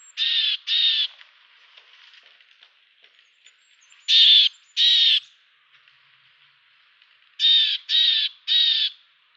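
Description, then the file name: Siberian tit calling with hoarse, buzzy notes in short bursts of two or three, separated by pauses of a couple of seconds. "lappmes"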